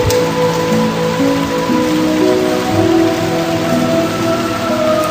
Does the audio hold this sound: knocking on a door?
no